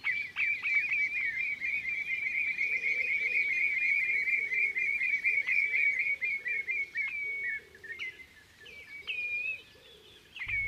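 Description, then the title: Common Redshank calling: a long run of rapid, high whistled notes, then breaking into shorter, spaced whistles, with fainter lower sounds behind. "Viikon luontoääni: Punajalkaviklo"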